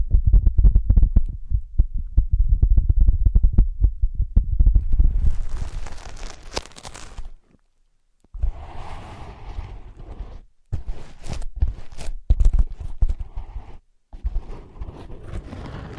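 ASMR tapping, scratching and tracing on ear pads. Rapid, muffled thumping taps fill the first five seconds, then give way to brighter scratching and rubbing. After a brief silence near seven seconds, uneven scratchy strokes continue, broken by short pauses.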